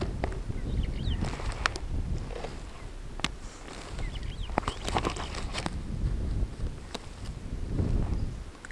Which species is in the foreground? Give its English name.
Superb Starling